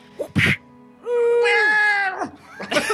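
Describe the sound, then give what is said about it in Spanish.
A single loud, drawn-out cat meow with a wavering, nasal pitch that slides downward at the end, preceded by a brief noisy burst and followed by another short rough sound. “¡Me sale un gato!”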